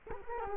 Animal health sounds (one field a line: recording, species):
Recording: mosquito wingbeat signal from an infrared sensor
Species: Culex quinquefasciatus